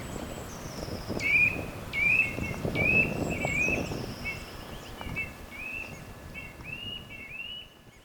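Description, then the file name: Eurasian nuthatch calling in a run of short rising whistles, loud at first then gradually softer, with faint low background noise. "Sitta europaea"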